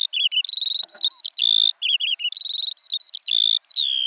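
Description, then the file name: Eurasian skylark song: hurried, tumbling high notes mixing buzzy trills, rolled chirps and short sustained whistles, pouring on continuously. "veldleeuwerik"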